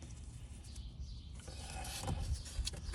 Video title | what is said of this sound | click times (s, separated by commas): 2009 Mercedes Benz R320 Bluetec A/C Condenser Replacement | And the snap in place. | 2.7 s